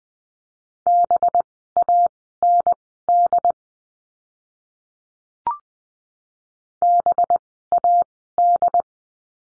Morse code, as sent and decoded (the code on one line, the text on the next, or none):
-... .- -. -.. / -... .- -..
BAND BAD